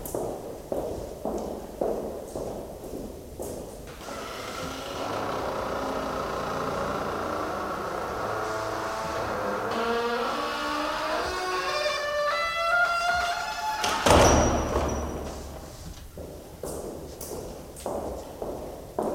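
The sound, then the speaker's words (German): Steady footsteps, then a long drawn-out rising creak before a castle door slams shut with a single heavy bang, followed by more footsteps. “ich hab die Tür nicht zugemacht, als wir ins Schloss kamen.”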